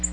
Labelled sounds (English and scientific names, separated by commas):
Nashville Warbler (Leiothlypis ruficapilla) flight call